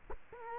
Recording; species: mosquito wingbeat signal from an infrared sensor; Culex quinquefasciatus